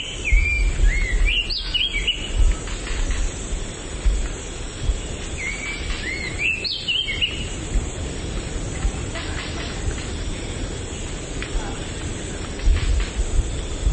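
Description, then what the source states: Oriental Magpie-Robin song: two bursts of varied whistled notes, jumping and warbling, separated by a few seconds, over a steady low rumble of background noise. Subspecies Copsychus saularis musicus.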